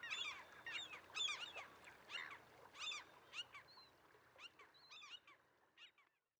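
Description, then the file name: Mew gull calls, many arched, squealing notes at irregular intervals, fading toward the end with a thin high whistle in between. "Mew Gull - Larus canus"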